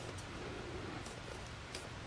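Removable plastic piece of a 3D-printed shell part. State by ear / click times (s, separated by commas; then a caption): seated / 1.8 s. A removable piece of a thin-shell 3D-printed plastic part is put back into place before the mold box is built around it. Over a steady background hiss, a short, quiet snap is heard at 1.8 s as the piece seats back in.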